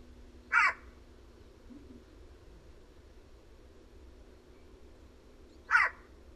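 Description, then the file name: Eurasian jay uttering two short, rasping screeches about five seconds apart, separated by quiet with a steady low hum and a faint low note between. "Garrulus glandarius"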